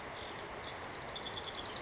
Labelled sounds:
House Wren
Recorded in Sonoma County, California

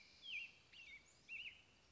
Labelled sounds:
American Robin
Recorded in Sonoma County, California

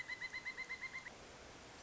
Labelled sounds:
Pileated Woodpecker
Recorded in Sonoma County, California

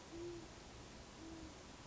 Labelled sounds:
Great Horned Owl
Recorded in Sonoma County, California

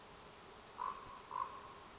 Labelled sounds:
Common Raven
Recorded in Sonoma County, California

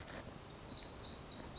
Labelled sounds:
Black-throated Gray Warbler
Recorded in Sonoma County, California

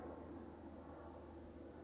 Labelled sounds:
Western Flycatcher
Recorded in Sonoma County, California

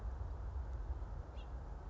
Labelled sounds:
House Finch
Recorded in Sonoma County, California

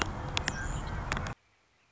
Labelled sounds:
Red-winged Blackbird
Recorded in Sonoma County, California

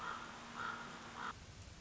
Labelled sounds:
Common Raven
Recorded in Sonoma County, California

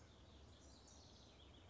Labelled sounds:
House Wren
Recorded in Sonoma County, California

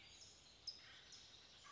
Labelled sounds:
California Towhee
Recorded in Sonoma County, California

